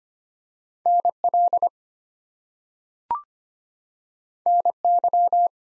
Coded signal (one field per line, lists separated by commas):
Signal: Morse code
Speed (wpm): 25 wpm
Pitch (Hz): 700 Hz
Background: none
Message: NL NY